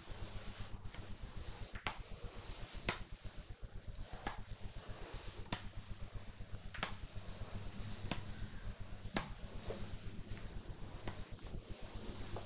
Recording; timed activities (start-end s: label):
household activities, microphone on the right wrist
0.00-12.46 s: floor cleaning